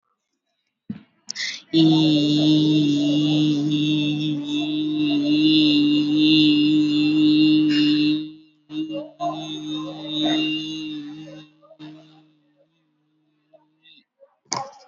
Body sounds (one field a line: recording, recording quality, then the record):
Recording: sustained vowel as in beet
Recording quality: excellent, no background noise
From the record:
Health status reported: COVID-19 positive, moderate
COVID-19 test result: positive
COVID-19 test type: RT-PCR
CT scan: not taken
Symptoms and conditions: sore throat, muscle pain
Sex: female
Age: 34 years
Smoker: no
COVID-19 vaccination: one dose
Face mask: worn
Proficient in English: yes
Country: India